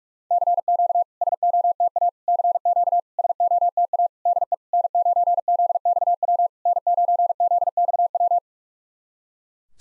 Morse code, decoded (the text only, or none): CQ SOTA CQ SOTA DE N9ZXW N9ZXW